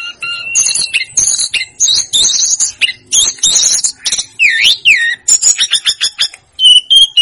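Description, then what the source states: Snowy-browed flycatcher singing high twittering phrases with sharp chips, a pair of downslurred whistles midway, and a short steady whistle at the close. Master song used to train caged birds.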